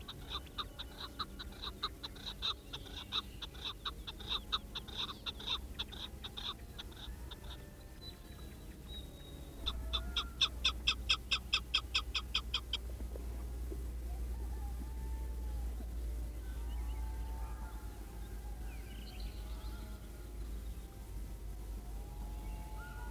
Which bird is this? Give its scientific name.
Alectoris chukar